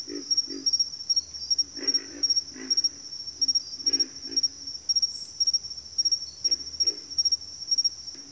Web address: Nature Sounds The Natural Sounds of the Wilderness Echoes of Nature - Bayou Pig Frogs